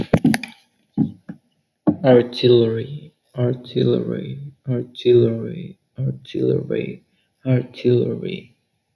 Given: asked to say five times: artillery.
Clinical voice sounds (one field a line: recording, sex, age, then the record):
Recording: repeated word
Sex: male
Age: 20 to 29 years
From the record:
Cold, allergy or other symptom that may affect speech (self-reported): no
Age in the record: 23 years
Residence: California, United States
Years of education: 12